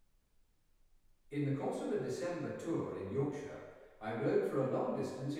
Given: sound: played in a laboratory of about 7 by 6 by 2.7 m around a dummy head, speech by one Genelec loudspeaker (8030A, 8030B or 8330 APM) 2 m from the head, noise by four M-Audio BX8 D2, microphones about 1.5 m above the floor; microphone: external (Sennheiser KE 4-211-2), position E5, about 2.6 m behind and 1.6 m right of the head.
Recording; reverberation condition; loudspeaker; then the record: male speech in English; high; 90 degrees to the left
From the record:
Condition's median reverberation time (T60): about 1300 ms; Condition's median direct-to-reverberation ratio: about -4.0 dB